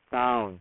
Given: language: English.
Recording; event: throat vibration sensor signal played as sound; speech